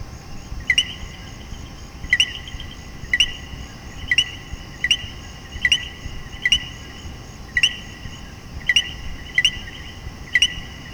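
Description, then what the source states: Common coquí giving its two-note co-kee call, a short note followed by a higher rising one, repeated about every second over a steady faint hum. Puerto Rico.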